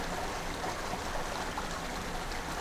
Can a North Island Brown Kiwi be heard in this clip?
no